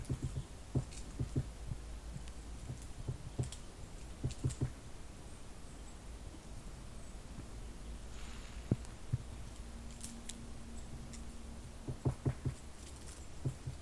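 A woodpecker's tree is heard from within, the bird's work arriving as short, dull knocks in loose clusters every second or two, busiest near the start and again near the end. A low steady rumble runs underneath, joined by a faint hum midway.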